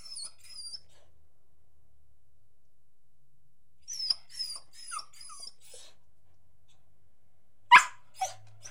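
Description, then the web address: Beagle giving high, drawn-out whines in two bursts, then one sharp loud bark and a softer follow-up near the end. "The BBC Sound Effects Library. Beagle barking, whining, and jumping"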